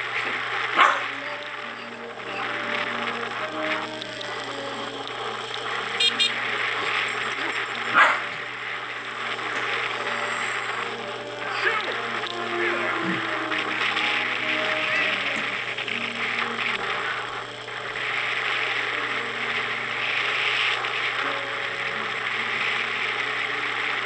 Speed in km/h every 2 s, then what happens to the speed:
36, 34, 36, 37, 37, 34, 33, 35, 36, 38, 39, 40.
0-12 steady at about 36. 12-24 speeds up to 40.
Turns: none.